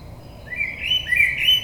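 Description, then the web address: Common blackbird singing two mellow, fluted phrases, each rising slightly. Recorded on 22 May 2022. "oiseaux Merle 2022 05 22"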